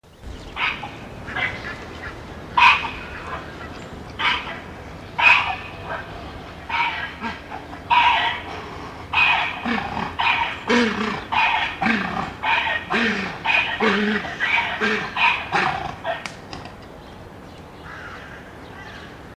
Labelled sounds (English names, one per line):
Onager call